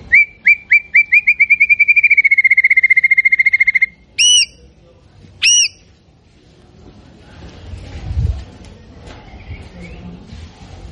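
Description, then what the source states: White-rumped shama song: spaced notes speeding into a rapid whistled trill, then two loud ringing notes; faint rustling noise afterwards. Actively singing bird used as a lure to provoke a response from other birds.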